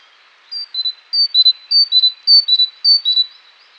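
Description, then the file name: Great tit calling in clear, high whistled pairs, a higher note dropping to a lower one, repeated about every half second in a steady run. "Parus major"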